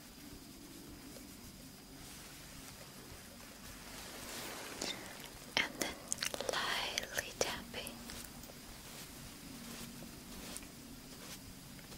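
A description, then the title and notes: Soft makeup brushing over a steady low hum, with a burst of brisk scratchy strokes and sharp taps from about five to eight seconds. Slow & Tingly Makeup, Brushing, Face Touch.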